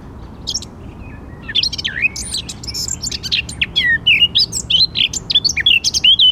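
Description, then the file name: Eurasian blackcap warbling steadily, a jumble of quick scratchy notes and bright whistled slurs, gathering pace in the second half. "Sylvia atricapilla"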